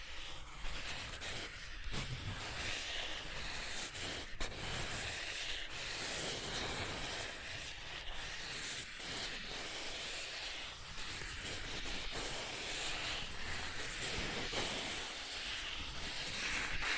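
Soft tracing across surfaces makes a steady, hissing rub that runs without a break for the whole stretch. The bright scratchy texture swells and eases every second or two as strokes change direction, with a few small taps and clicks along the way.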